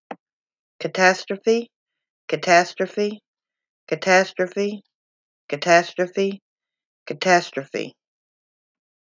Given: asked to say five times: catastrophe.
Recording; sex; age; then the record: repeated word; female; 30 to 39 years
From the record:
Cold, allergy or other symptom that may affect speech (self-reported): no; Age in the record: 38 years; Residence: Texas, United States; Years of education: 12